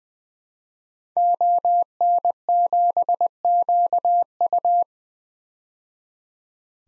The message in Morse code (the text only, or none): ON7QU